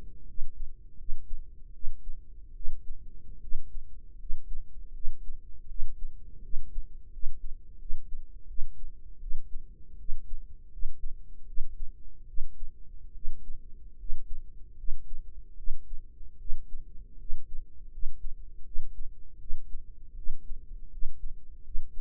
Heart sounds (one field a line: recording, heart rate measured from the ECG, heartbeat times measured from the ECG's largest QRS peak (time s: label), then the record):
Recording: heart sounds by microphone in the right ear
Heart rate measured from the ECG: 79 bpm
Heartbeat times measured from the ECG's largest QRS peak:
0.24 s: heartbeat
0.95 s: heartbeat
1.71 s: heartbeat
2.52 s: heartbeat
3.39 s: heartbeat
4.16 s: heartbeat
4.91 s: heartbeat
5.66 s: heartbeat
6.40 s: heartbeat
7.09 s: heartbeat
7.77 s: heartbeat
8.45 s: heartbeat
9.18 s: heartbeat
9.95 s: heartbeat
10.68 s: heartbeat
11.44 s: heartbeat
12.25 s: heartbeat
13.11 s: heartbeat
13.95 s: heartbeat
14.75 s: heartbeat
15.54 s: heartbeat
16.36 s: heartbeat
17.16 s: heartbeat
17.89 s: heartbeat
18.62 s: heartbeat
19.37 s: heartbeat
20.13 s: heartbeat
20.88 s: heartbeat
21.61 s: heartbeat
From the record:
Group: healthy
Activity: cold pressor test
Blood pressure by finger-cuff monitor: 119/68 mmHg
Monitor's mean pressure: 85 mmHg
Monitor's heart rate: 79 bpm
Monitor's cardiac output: 7.3 L/min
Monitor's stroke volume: 93 mL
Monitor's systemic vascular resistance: 860 dyn s/cm5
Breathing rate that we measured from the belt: 18 breaths a minute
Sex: female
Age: 23 years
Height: 160 cm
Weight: 50.4 kg